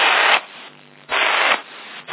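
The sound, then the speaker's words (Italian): CB radio static hiss under a weak incoming signal from an old KB23 CB set comes in loud, harsh bursts, three surges separated by quieter stretches of thin background noise, with no voices. “Sento un fruscio sotto, la tua modulazione è comprensibile, però non hai un ottimo segnale.”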